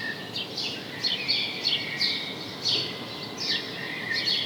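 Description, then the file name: House sparrow calls, a series of sharp chirps, some slurred downward, with a faint hiss underneath. "Passer domesticus"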